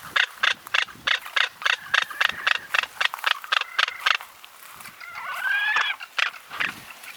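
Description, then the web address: Frigatebird rattle: a fast series of dry clicks, roughly four per second, broken by a brief whistled note that rises before the clicking resumes. "sound frigatebird. صدای-پرنده-سینه-بادکنک"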